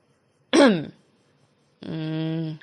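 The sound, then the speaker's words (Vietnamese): A man clears his throat: a short, rough, gravelly burst, then after a brief pause a steady voiced hum that holds for most of a second before cutting off. “Cậu ta ném điếu thuốc xuống, hắng giọng để vơi đi biểu cảm hơi mất tự nhiên của mình rồi nói.”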